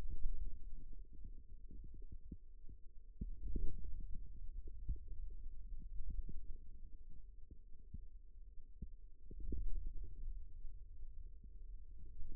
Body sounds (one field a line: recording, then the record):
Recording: forearm muscle sounds (acoustic myography)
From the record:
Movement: ulnar deviation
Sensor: system 2, bracelet of six BSWA MPA416 microphones around the upper forearm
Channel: 3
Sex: male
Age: 22 years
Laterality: right